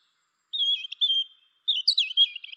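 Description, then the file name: European robin giving two brief high whistled phrases, the first thin and wavering, the second sliding and twittering, separated by a short pause; no other sounds. "Erithacus rubecula"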